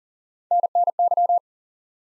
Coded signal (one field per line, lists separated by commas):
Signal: Morse code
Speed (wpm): 42 wpm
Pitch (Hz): 700 Hz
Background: none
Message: NNY